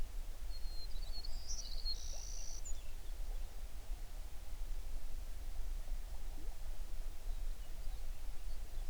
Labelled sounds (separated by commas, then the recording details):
songbird
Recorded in the Prudhoe Bay oil fields, Alaska, on 11 June 2019 at 05:38
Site 21